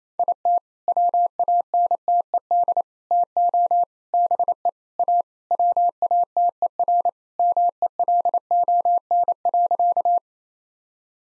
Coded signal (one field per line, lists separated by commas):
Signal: Morse code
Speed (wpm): 28 wpm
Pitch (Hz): 700 Hz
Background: none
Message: IT WANTED TO BE A WATERMELON.